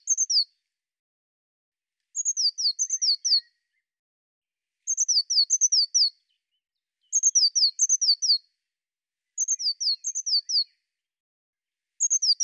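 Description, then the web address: Bird producing a regular series of phrases, each several high, downslurred chirps, repeated every two to three seconds against a silent background. "cianscape birddata Deverinetal 2025 File cleaned normalized Bird Cy Ca"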